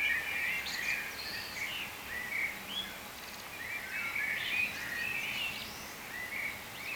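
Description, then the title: Birds calling together in overlapping chirps and warbled twitters, swelling and easing in bursts, with a soft background hum. "cizici, birds"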